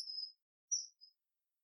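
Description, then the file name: Common kingfisher calls: a thin, high whistled note held briefly, then two shorter piercing whistles after a pause, in an otherwise silent background. Recorded at Eura on 22 July 2022. "Alcedo atthis Eura 220722"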